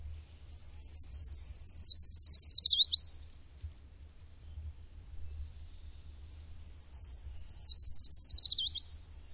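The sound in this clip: Bird song: two high, thin phrases about six seconds apart, each opening with sweeping whistled notes and ending in a fast, slightly falling trill, over faint low rumble.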